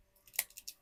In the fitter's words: oh, just snaps right into place like that.